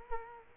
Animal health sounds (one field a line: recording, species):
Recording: mosquito wingbeat signal from an infrared sensor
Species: Culex quinquefasciatus